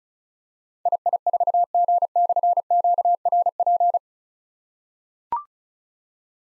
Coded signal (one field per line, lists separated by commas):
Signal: Morse code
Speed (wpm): 36 wpm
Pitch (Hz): 700 Hz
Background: none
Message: II4G/QRP